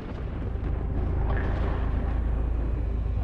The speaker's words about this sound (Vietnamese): Chưa nói hết câu thì bất chợt Hùng khựng lại bởi có tiếng sét rất lớn xẹt ngang. Điều kỳ lạ là ngay đầu dây bên kia Hùng cũng nghe thấy có tiếng sét y như vậy.